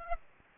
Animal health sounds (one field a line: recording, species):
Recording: mosquito wingbeat signal from an infrared sensor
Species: Aedes aegypti